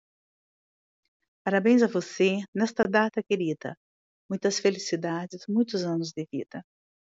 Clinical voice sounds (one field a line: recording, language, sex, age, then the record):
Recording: short text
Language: Brazilian Portuguese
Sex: female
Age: 50 to 59 years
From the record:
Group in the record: control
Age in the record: 58 years